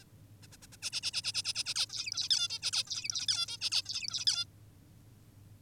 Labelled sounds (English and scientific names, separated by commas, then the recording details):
Zebra Finch (Taeniopygia guttata)
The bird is an adult
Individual g19o10U